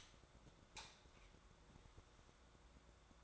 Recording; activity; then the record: daily activity, microphone in the room; light on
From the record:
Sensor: 3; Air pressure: 1010.2 hPa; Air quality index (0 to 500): 169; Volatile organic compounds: 10 ppm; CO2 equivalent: 2204 ppm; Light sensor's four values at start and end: 47/117/51/57 and 50/126/55/60